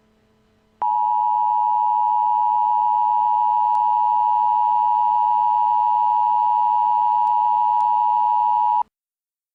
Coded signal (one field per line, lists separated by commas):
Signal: Emergency Alert System (SAME) tones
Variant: 853 and 960 Hz attention tone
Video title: EAS| Creepypasta Act 2